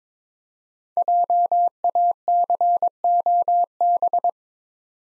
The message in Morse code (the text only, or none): JACOB